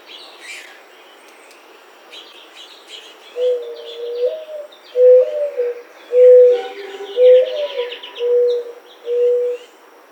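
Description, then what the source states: Mourning Dove cooing from about three seconds on: several low coos about a second apart, some inflected and some steady, while other birds chirp throughout. Recorded 14 July 2009.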